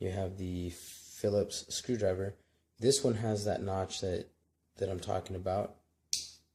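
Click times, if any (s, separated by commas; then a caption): 6.1 s. Someone talks while swinging open the Phillips screwdriver on a Schrade Tough multi-tool. At 6.1 s its lock notch engages with a sharp click, and the screwdriver locks into place in the handle.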